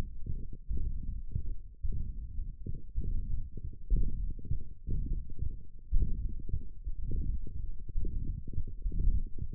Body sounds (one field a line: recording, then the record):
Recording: forearm muscle sounds (acoustic myography)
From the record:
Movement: hook grip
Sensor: system 1, eight BSWA MPA416 microphones around the upper forearm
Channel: 3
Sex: male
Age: 21 years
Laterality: right